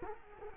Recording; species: mosquito wingbeat signal from an infrared sensor; Culex quinquefasciatus